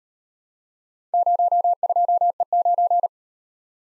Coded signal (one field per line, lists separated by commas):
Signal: Morse code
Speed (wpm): 38 wpm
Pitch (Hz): 700 Hz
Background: none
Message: 02E9